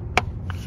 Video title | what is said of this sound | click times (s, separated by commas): How to Replace the Intake Manifold, Valve Cover, and PCV Hose on the GM Ecotec 1.4L Engine | and press that in until it clicks | 0.2 s